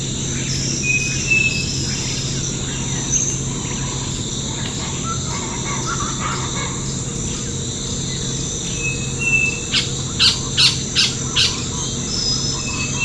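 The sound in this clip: Bird calls: short whistled notes scattered through, then a quick burst of sharp chirps near the end, over a constant high insect chorus and low steady hum.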